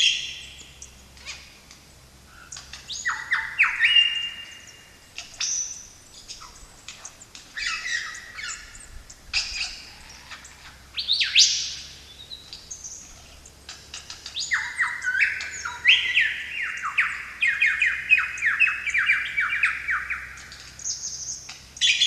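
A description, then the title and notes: A lyrebird sings a long, varied run of mimicked calls in the bush, switching rapidly between sharp chirps, sliding whistles and harsh squawks. The phrases come loud, densest around the middle and last third, over a faint low hum. This episode features the fascinating sounds of a lyrebird in the Australian bush. The recording captures the bird's intricate mimicry of a wide range of bird sounds, including renditions of a Magpie, Black Cockatoo, plus the Lyrebird’s own call.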